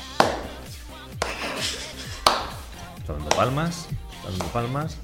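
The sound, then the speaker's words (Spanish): Sharp hand claps land in a steady rhythm, about one per second, clapped live as a rhythmic base, while a voice vocalizes continuously over and between them. “Está dando palmas.”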